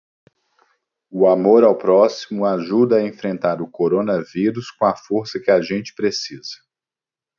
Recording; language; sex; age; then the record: spoken sentence; Brazilian Portuguese; male; 40 to 49 years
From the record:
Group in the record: control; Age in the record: 42 years